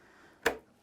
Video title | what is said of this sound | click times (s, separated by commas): How to Build a PC step by step, Cheap Budget PC Build Intel I5 GTX 1660 TI 16GB Help Build PC | and and you're going to slot it in there and make sure you hear click click | 0.5 s